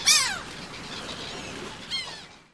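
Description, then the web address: Gull giving two loud, harsh descending mewing cries, one at the start and another near the end, with soft hissing noise between. "bird seagull"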